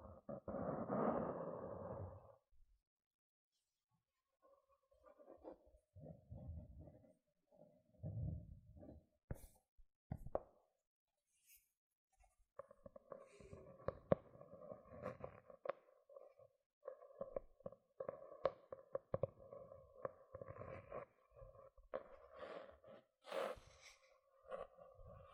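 Gentle scratching sounds come in short, soft bursts with pauses between them, opening with a louder, low rubbing stretch for the first two seconds. After a near-silent gap, the scratching returns in clusters, growing busier from about twelve seconds on, with occasional sharp taps and clicks.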